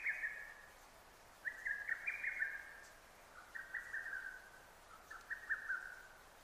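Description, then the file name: Lesser cuckoo repeating its rapid chattering phrase four times, each a tumbling run of bright notes. Recorded 6 June 2009. "hototogisu 20090606"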